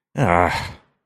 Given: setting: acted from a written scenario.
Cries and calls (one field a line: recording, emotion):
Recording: vocal sound without words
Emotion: disappointment